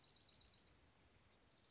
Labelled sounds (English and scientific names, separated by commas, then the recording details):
Dark-eyed Junco (Junco hyemalis)
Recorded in Sonoma County, California